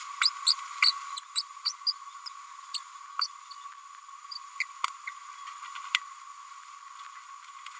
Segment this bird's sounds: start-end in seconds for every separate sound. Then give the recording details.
0.21-0.30, 0.46-0.54, 0.82-0.92, 1.16-1.20, 1.35-1.42, 1.65-1.73, 1.86-1.93, 2.74-2.79, 3.21-3.27, 4.60-4.63, 5.07-5.10. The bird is a female. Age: 32 days. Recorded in a nest box in Venezuela. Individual 17B102A5